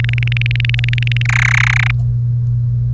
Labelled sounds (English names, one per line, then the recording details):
Domestic Canary song
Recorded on 1 May 2018 at 08:24
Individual llb3